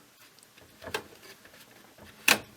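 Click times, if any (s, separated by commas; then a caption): 2.3 s. A discrete graphics card is lined up with the PCIe slot on the motherboard of an ASUS M32CD desktop and pushed down firmly. After a quieter knock at about 1.0 s, the slot's retention latch gives a sharp click at 2.3 s as the card seats.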